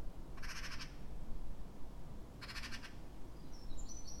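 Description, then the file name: Eurasian wren giving two dry, buzzy rattles two seconds apart, followed by a short burst of high whistled trills, against a low continuous hum. "Troglodytes troglodytes"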